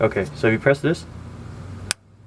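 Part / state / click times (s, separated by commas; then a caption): wiring harness connector on an ignition coil / released / 1.9 s. Someone talks as the release tab on the plastic wiring harness connector atop an ignition coil in the engine bay of a 986 Porsche Boxster is pressed. At 1.9 s the latch unclips from the coil with a single sharp click, releasing the connector.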